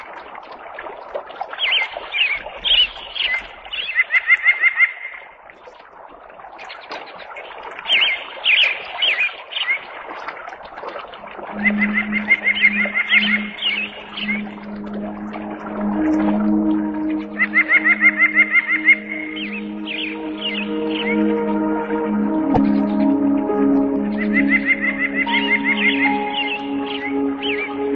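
A bird sings short, bright trilling phrases roughly every five seconds, and a steady low hum joins the background partway through.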